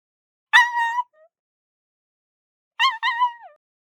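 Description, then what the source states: Pug giving a high, strained yelp, then after a pause a double yelp that slides downward, with silence between. High-pitched yelp.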